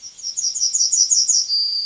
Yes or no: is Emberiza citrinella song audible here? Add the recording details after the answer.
yes. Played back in forest. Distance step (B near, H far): B. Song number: 042